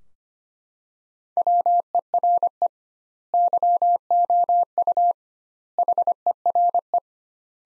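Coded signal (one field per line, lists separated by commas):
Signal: Morse code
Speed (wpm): 25 wpm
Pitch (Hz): 700 Hz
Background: none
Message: WERE YOU HERE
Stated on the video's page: Morse practice sentences from the top 200 words at 25 wpm with 2x standard word spacing, a Farnsworth-like method for words.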